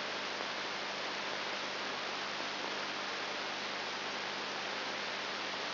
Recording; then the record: brain microelectrode recording played as sound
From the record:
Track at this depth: inside the subthalamic nucleus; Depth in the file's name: 3.301 mm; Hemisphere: left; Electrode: 3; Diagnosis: Parkinson's disease